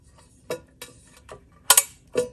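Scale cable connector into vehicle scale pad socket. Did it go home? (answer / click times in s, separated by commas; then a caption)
yes / 1.7 s. A scale cable connector, dimple facing up, is pushed into the socket of a Proform vehicle scale pad being used to weigh a 1966 SS Chevy Nova. A few light taps and scrapes lead up to a sharp double click at 1.7 s as it locks in place, followed by a softer knock. The connector is seated and connected.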